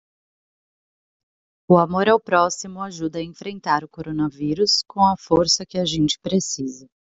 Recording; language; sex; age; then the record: spoken sentence; Brazilian Portuguese; female; 30 to 39 years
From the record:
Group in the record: control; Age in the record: 31 years